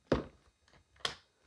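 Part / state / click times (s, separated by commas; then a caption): removable pack (likely battery) into a cordless vacuum body / seated / 1.0 s. A removable plastic pack with a pull tab, likely the battery, is pushed straight down into the body of a Maircle S3-PRO cordless stick vacuum. A heavy thunk at 0.1 s and a few faint taps are followed by a sharp, positive click at 1.1 s as the pack seats firmly in place.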